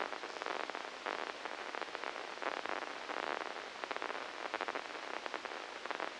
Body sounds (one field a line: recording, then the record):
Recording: brain microelectrode recording played as sound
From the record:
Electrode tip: inside the subthalamic nucleus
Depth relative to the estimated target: -3 mm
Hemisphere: left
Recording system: NeuroSet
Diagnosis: Parkinson's disease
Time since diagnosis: 9 years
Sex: female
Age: 51 years